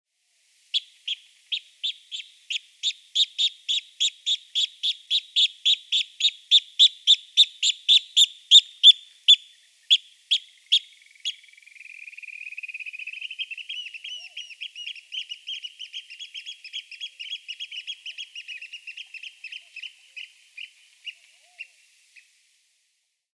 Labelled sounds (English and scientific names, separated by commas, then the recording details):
Eurasian Oystercatcher (Haematopus ostralegus)
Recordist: Frommolt, Karl-Heinz
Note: Erregungsrufe